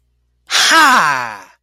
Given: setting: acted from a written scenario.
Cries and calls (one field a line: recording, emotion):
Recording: vocal sound without words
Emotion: pain